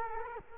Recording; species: mosquito wingbeat signal from an infrared sensor; Culex quinquefasciatus